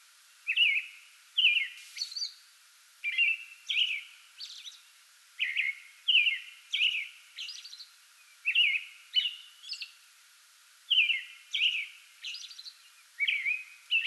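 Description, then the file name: American robin song, a long series of warbled whistles with frequent high, wiry squeaks between them. Singing before dawn from a small tree in a front yard, 8 May 2022. "2022-05-08 American Robin pre-dawn singing from small tree in front yard"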